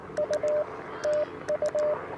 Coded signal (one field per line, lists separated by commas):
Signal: Morse code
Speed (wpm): 20 wpm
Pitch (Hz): 590 Hz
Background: radio noise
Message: U TU